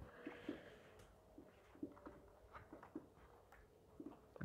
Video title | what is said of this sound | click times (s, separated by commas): Replacing RAM at my old laptop. | and then you push downwards, wait until it clicks. Okay, everything clicks. | 4.4 s